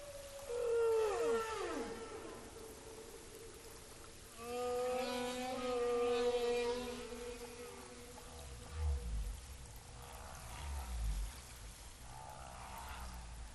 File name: Humpback whale song